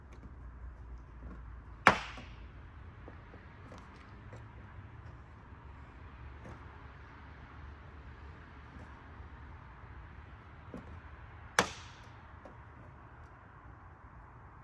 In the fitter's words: Now once you hear that snap, that's because you've depressed it and it's able to pop past that.